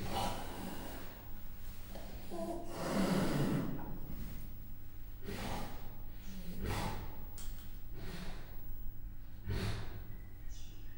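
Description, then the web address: Persian leopard giving breathy, snorting huffs, heavy bursts repeated every one to three seconds over a low, steady hum. Captive animal in a zoo in Miskolc, recorded in 2018 while a grille was being opened. "2018 perzsa leopard racsozatkinyitasa"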